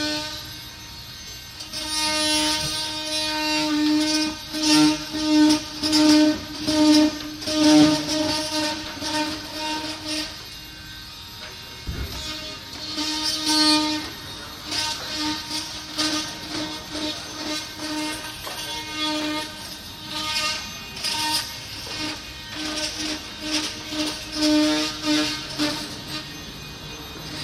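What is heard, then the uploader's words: Restoration work on a school building: a steady high whining tone with rapid rhythmic scraping or grinding bursts, pausing briefly near eleven seconds. Restauratiewerkzaamheden aan de 3e Hogere Burger School aan de Mauritskade in Amsterdam. Restoration work on the 3rd Hogere Burger School (old name for secondary school) at the Mauritskade, Amsterdam.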